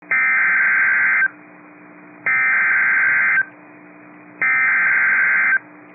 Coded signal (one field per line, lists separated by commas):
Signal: Emergency Alert System (SAME) tones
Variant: header bursts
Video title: Severe Thunderstorm Warning (Columbia, Dane, Sauk Counties, WI) (5/15/25) [EAS #164]